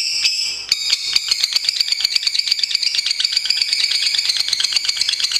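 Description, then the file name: Lovebird chattering in high, rasping notes; a brief pause near the start, then continuous rapid chattering to the end. Champion bird of a national contest, named Madonna. "Suara Lovebird Juara Lomba Nasional"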